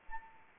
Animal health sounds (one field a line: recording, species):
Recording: mosquito wingbeat signal from an infrared sensor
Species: Anopheles arabiensis